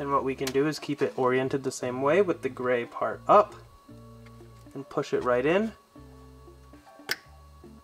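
Someone talks over quiet background music while pushing a plastic isolation cap, gray part up, onto the wiring connector of an unplugged Tesla pedestrian-warning speaker, to keep water out so the speaker can be used again later. A sharp snap at 7.1 s marks the cap seating onto the connector.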